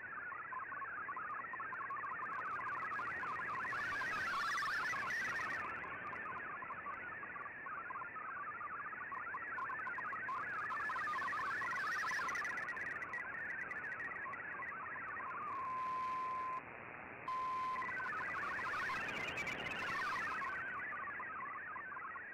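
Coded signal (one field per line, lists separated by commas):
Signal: multi-tone FSK (Olivia or MFSK type)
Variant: MFSK32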